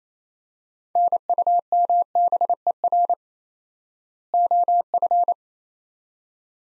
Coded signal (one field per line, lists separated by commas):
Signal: Morse code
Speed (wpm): 28 wpm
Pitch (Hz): 700 Hz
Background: none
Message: NUMBER OF